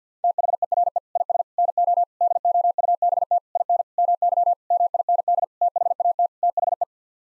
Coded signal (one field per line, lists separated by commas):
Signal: Morse code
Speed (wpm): 50 wpm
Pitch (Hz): 700 Hz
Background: none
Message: THERE IS NO DOUBT IN MY MIND THAT THE